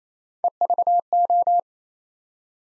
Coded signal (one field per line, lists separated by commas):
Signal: Morse code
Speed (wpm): 27 wpm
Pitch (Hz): 700 Hz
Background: none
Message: EVO